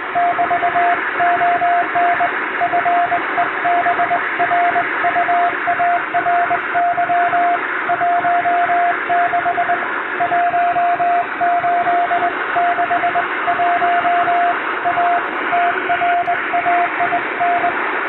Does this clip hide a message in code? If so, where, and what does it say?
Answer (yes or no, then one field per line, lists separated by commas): yes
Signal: Morse code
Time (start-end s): 0.2-17.7 s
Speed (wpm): 20 wpm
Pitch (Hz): 700 Hz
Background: radio noise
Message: <BT>ON FEBRUARY 16 1861 A TRAIN